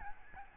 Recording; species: mosquito wingbeat signal from an infrared sensor; Aedes albopictus